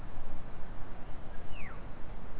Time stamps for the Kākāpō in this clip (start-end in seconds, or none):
none